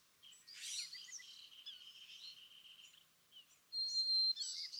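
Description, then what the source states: California thrasher song with a harsh burst, then a drawn-out buzzy phrase, then a bright whistled note and rapid chatter. Dawn song excerpted from a longer session on day 1, repeating a theme of notes chosen that morning; March 9, 2017, Montaña de Oro State Park, Los Osos, California.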